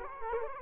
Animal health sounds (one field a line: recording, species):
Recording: mosquito wingbeat signal from an infrared sensor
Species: Culex quinquefasciatus